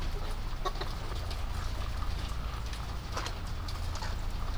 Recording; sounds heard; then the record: poultry house recording; sick chickens (respiratory disease)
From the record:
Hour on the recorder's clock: 22